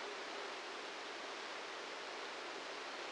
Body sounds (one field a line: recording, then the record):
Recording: brain microelectrode recording played as sound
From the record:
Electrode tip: outside the subthalamic nucleus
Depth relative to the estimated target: -1 mm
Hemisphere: left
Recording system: NeuroSet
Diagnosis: Parkinson's disease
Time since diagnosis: 8 years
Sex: male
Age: 58 years